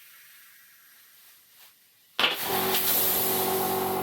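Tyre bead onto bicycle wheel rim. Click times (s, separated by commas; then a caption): 2.2 s. A tubeless gravel tyre is inflated with an air hose on a bicycle wheel rim, and after a quiet stretch the rubber bead snaps loudly into place at 2.2 s. A loud, steady rush of air follows to the end. The bead is seated all the way around the rim.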